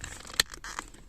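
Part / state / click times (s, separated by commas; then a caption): horn squib part into its plastic holder / seated / 0.4 s. A new horn squib part for a Toyota Auris with a horn that isn't working is pushed into its plastic holder, which has holes and gaps on either side for it to fit into. A sharp click at 0.4 s marks the part snapping into place, with a smaller tick at about 0.8 s. The part is seated in the holder.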